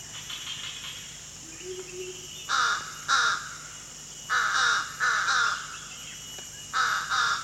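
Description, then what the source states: Slender-billed Crow calling with hoarse, grating caws in pairs after a faint start, with a brief low tone from another source. Recorded at Danum, Borneo, on 1 July 2008.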